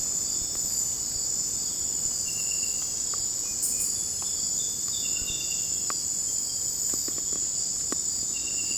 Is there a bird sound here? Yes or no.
no